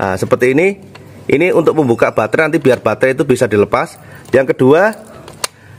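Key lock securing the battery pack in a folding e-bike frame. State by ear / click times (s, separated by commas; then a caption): seated / 5.4 s. Someone talks while turning the key in the battery lock of an ADO Ebike A20 folding electric bicycle to its second position, locking the battery pack into the frame. A single sharp click sounds at 5.4 s, and the battery is locked in place.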